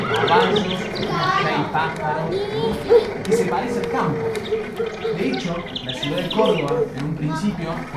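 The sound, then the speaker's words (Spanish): A horse whinnies amid scattered clopping hoofbeats, with birds chirping and people talking throughout, forming a busy, steady layer of sound. “Caballo.”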